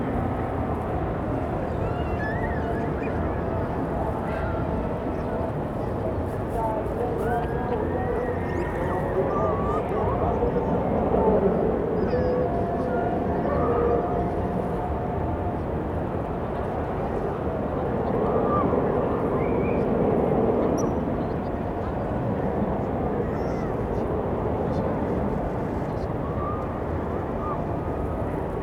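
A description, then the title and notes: A large funfair carries across a lake as a steady, dense wash of distant crowd noise and machinery with a low rumble. Faint voices and brief tonal squeals rise out of the blur, swelling slightly around ten to twelve seconds and again near twenty. City park funfair. Captured early in the early evening in a city centre park. Across the lake, there is a large funfair which is being well attended. Steam is rising from the funfair as the temperature drops and people pack the place.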